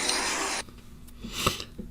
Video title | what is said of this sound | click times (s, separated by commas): Samsung Galaxy S10 Plus - Spigen Case Lineup | like I said when you lock this lock kick stand back you heard that little snap | 1.5 s